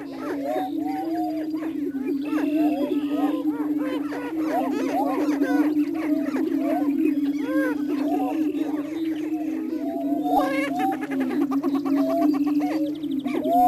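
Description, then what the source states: Greater prairie chickens give a constant low hooting drone with busy overlapping cackles and whoops; near the end a burst of rapid clicking or rattling joins in. Missouri.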